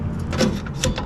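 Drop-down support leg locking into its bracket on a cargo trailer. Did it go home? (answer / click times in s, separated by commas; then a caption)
yes / 0.8 s. On the second side of a 6'x10' cargo trailer, a dealer pulls out the rod of the drop-down support leg, then pushes it down and pulls it up, with metallic scrapes and knocks around 0.3 to 0.4 s and at 0.7 s. The metal leg locks into its bracket with a fairly loud clack at 0.8 s, and a smaller knock follows at 1.0 s.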